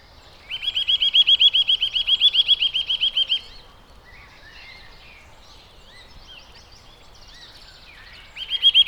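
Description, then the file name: Eurasian nuthatch giving a long, rapid series of clear piping notes for about three seconds, then quieter scattered chirps, before the trill starts again at the end. "Sitta europaea"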